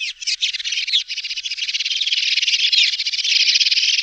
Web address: Schulze Peter House Sparrow calls